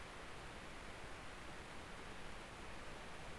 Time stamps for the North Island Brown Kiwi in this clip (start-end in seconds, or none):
none